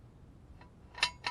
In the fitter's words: so that's three clicks on the on the right side of the car